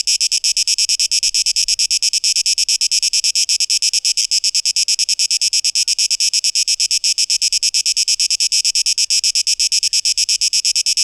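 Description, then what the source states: Steady cicada song: high, sizzling pulses repeating quickly and evenly for the whole stretch. 12 August 2023.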